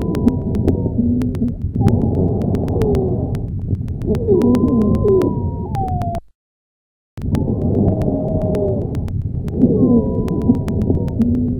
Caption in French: Sibilant est un bruit continu musical dont la fréquence fondamentale est supérieure à 400 Hz. Ici d'un sibilant polyphonique, entendu à l'inspiration et à l'expiration.